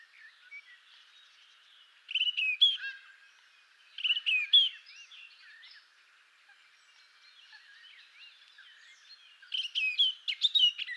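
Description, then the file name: Eurasian blackcap song: bursts of rich, varied warbling and clear whistled notes, delivered in three separate phrases with quieter twittering between them. "Fauvette a tete noire"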